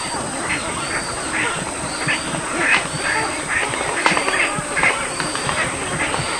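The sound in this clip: Wood stork making rough, rasping calls, repeated over a busy, noisy background with a faint steady high tone.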